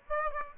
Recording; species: mosquito wingbeat signal from an infrared sensor; Aedes aegypti